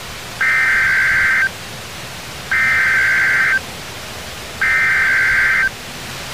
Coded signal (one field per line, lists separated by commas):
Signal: Emergency Alert System (SAME) tones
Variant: header bursts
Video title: Test Tornado Warning 2010